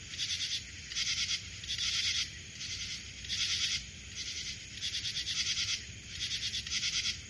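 Cricket chirping in short pulsed bursts, repeated with short pauses, steady and rasping, over a faint low background hum.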